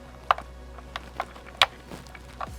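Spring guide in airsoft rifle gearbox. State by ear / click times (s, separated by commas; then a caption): seated / 1.6 s. The rear spring guide of an airsoft rifle gearbox is turned by hand about 90° until it locks, producing a series of short, sharp ticks at about 0.3, 1.0, 1.2 and 2.4 seconds. The loudest click, at 1.6 seconds, is the spring guide seating into position.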